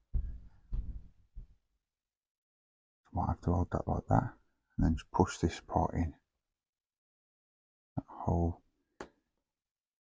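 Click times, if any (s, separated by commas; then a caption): 9.0 s. Someone talks while a small deck part of a Titanic partwork model is pushed into its mounting hole in the model ship deck. A sharp click is heard at 9.0 s as the part seats, though it still needs a slight twist because it is not yet in the right position.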